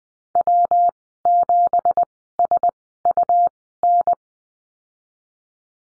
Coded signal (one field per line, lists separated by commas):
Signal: Morse code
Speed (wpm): 20 wpm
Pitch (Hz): 700 Hz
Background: none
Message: W7SUN